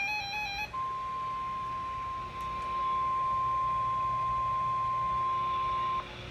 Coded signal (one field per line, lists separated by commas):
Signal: Emergency Alert System (SAME) tones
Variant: 1050 Hz attention tone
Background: music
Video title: 5+ MINUTES OF RWT's + BONUS - SGX RWT's from Late April to Early June (EAS #20-24)